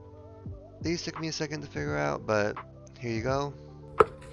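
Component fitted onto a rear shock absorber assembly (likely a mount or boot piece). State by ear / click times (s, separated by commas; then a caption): seated / 4.0 s. While reassembling a rear shock absorber on an E36 sedan, someone talks as a component, likely a mount or boot piece, is fitted onto the assembly. A single sharp click comes at 4.0 s as the part pops into place, and it is seated.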